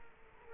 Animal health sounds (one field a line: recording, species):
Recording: mosquito wingbeat signal from an infrared sensor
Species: Culex quinquefasciatus